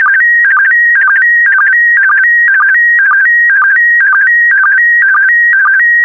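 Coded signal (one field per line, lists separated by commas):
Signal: SSTV (slow-scan television)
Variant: PD120 mode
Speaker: complete you can now check your decoded image against the picture that is shown on the video that concludes the daily transmission of slow scan tv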